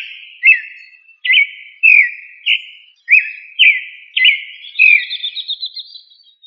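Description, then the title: Thrush song: several falling whistled notes, then a fast, thin trill toward the end. "Familia Turdidae - Sabia"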